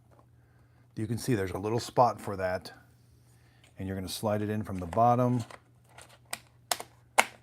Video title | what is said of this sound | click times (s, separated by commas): Narwal freo Z Ultra Robot Vacuum & Mop Combo Review / Unboxing / First Looks So Many Features! | and it clicks into place, and it's nice and flush. | 6.7 s